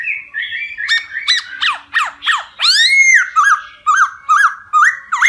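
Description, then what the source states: Laughingthrush song: sharp downward-sweeping notes, a long arched whistle, then a fast series of looping whistled phrases. Song in the 'wild voice' (giọng rừng) style.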